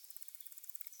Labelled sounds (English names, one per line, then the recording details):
Hazel Dormouse call
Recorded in the wild
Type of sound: call
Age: adult
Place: Jena, Thüringen, DE
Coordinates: 50.9128, 11.5238
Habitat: Nestbox
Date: 2024-06-05
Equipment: audiomoth
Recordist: Nüske, Jörg
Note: Nähe Wüstung Möbis: Kontaktaufnahme (Nesteingang)